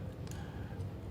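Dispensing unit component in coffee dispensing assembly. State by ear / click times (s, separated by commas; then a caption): released / 0.3 s. A component of a removable plastic dispensing unit on a coffee machine is pulled back slightly until it clicks at 0.3 s, releasing it so it can be twisted apart. A short, sharp plastic click rises above a steady low hum, and a fainter tick follows around 0.8 s. The part is released.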